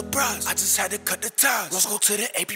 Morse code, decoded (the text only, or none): none